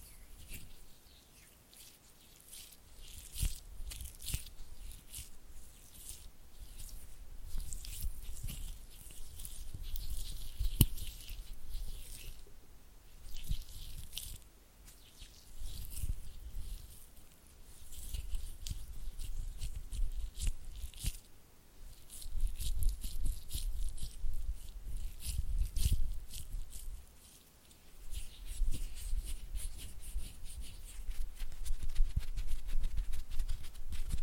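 Close, wet hand sounds: oily fingers rubbing, squishing and fluttering right against the microphone. The texture is dense and irregular, with bright slick crackles over soft low thumps, swelling and easing in waves, with a brief lull near 27 seconds.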